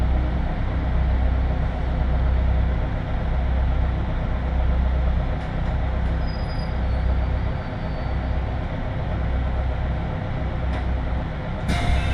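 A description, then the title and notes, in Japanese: A local train ride, heard from inside the carriage: a steady, dense rumble with a heavy low drone that swells and eases slightly. A faint thin whine rises around the middle, a few light clicks break through, and a sharp clatter comes right at the end. 東海道本線各駅停車 豊橋→西岡崎。最近は運用も減っている311系特有の加速感が分かると思います。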